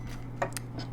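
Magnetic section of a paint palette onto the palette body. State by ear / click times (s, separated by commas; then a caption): seated / 0.4 s, 0.6 s. A magnetic section of a GoDraw paint palette, attached by magnets at the owner's request so it clicks into place, is pressed onto the palette body. Two sharp clicks are heard at 0.4 s and 0.6 s over a faint steady low hum. The section seats in place.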